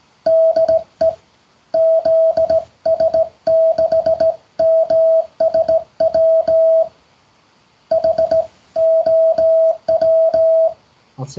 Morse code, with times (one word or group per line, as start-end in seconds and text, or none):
0.3-1.1 DE
1.8-6.8 ZS6MSW
7.9-10.7 HOW